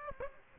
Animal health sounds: mosquito wingbeat signal from an infrared sensor; Aedes aegypti

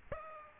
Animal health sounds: mosquito wingbeat signal from an infrared sensor; Aedes aegypti

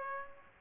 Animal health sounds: mosquito wingbeat signal from an infrared sensor; Aedes aegypti

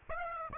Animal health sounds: mosquito wingbeat signal from an infrared sensor; Aedes aegypti

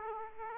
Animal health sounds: mosquito wingbeat signal from an infrared sensor; Aedes aegypti

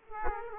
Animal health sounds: mosquito wingbeat signal from an infrared sensor; Aedes aegypti

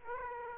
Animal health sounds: mosquito wingbeat signal from an infrared sensor; Aedes aegypti

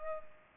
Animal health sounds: mosquito wingbeat signal from an infrared sensor; Culex pipiens

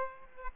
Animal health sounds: mosquito wingbeat signal from an infrared sensor; Aedes aegypti

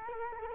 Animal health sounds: mosquito wingbeat signal from an infrared sensor; Culex quinquefasciatus

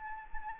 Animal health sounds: mosquito wingbeat signal from an infrared sensor; Anopheles arabiensis

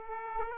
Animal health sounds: mosquito wingbeat signal from an infrared sensor; Aedes aegypti

